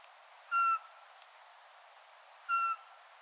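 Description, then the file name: Eurasian pygmy owl calling twice, each a short, pure whistled hoot on one pitch, about two seconds between them. "sperlingskauz"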